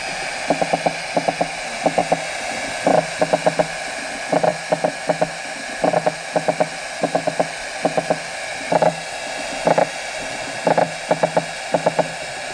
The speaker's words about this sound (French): Et puis, il y a tous les insectes qui dansent sur les plantes et qui produisent aussi des sons dans les plantes.